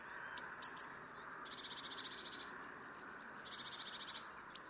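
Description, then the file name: Eurasian blue tit calls, a few sharp, very high thin notes followed by two dry, buzzy churring trills with a short pause between. "Cyanistes caeruleus"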